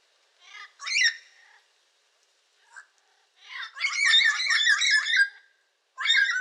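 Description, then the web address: Yellow-crowned amazon squawks in bursts: a short shrill outburst, a brief quiet note, then a long, loud, grating screech and a final shorter squawk. "sound yellow-crowned-amazon. صدای-پرنده-آمازون-تاجزرد"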